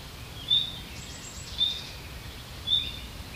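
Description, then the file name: Common nightingale giving three short, high whistled notes spaced about a second apart over faint background noise. "Luscinia megarhynchos"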